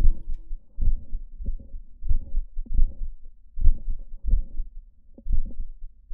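Low heart sounds beat at irregular intervals, roughly 90 a minute, with extra sharp sounds and a soft sound late in each beat. These are systolic clicks and a late systolic murmur, atypical auscultatory signs of mitral valve prolapse, heard in an adult during a paroxysm of atrial fibrillation with the patient lying on the left side.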